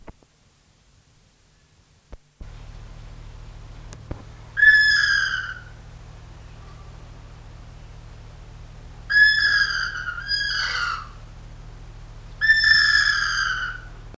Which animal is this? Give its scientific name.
Pseudibis papillosa